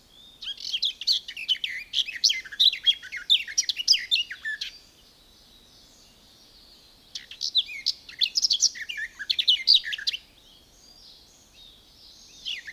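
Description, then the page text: Garden warbler singing sustained, hurried warbled phrases, two long bursts separated by a short quiet gap, and another phrase starting at the end; a clean recording without background noise. "Звуки птиц - Садовая славка"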